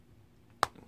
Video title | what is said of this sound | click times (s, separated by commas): SMITHOPTICS ODS3 installation | all the way in you can hear it snap you can see it's fastened on the top there now | 0.6 s